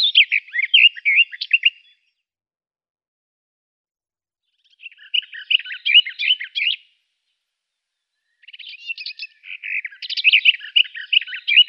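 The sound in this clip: Garden warbler song in three bursts of fast, rich warbling separated by silent pauses, the last running on to the end.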